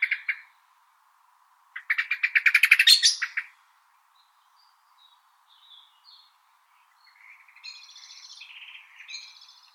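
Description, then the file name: Common blackbird: a few sharp notes, then a rapid rattling chatter of sharp notes lasting under two seconds, then quieter scratchy twittering near the end. "Turdus merula"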